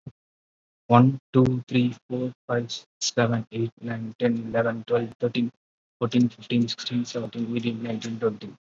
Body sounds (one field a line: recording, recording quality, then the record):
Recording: counting at a normal pace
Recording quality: excellent, no background noise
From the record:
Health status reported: COVID-19 positive, mild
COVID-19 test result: positive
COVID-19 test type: RT-PCR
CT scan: not taken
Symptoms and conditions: cough, cold, breathing difficulty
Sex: male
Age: 25 years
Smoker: no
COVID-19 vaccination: none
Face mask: not worn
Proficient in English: yes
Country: India